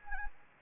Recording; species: mosquito wingbeat signal from an infrared sensor; Anopheles gambiae